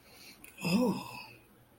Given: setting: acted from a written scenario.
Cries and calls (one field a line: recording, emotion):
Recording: vocal sound without words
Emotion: romantic love